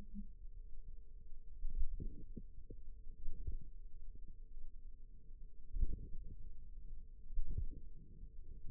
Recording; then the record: forearm muscle sounds (acoustic myography)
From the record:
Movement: finger pinch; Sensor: system 2, bracelet of six BSWA MPA416 microphones around the upper forearm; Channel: 4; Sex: female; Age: 22 years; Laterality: right